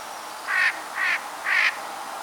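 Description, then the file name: Eurasian jay call: three harsh, hoarse screeches in even succession about half a second apart, over a faint steady hiss. "Garrulus glandarius"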